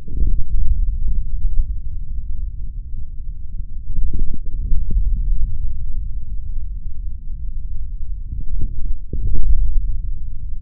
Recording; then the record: forearm muscle sounds (acoustic myography)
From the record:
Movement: forearm pronation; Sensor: system 3, bracelet of six PUI Audio POM-2738L microphones around the upper forearm, with dedicated amplification and filtering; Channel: 2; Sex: male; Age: 23 years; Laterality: right